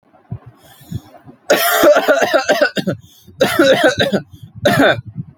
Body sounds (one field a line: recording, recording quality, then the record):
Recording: heavy voluntary cough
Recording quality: excellent, no background noise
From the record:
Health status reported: healthy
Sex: male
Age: 20 years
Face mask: not worn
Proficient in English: yes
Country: India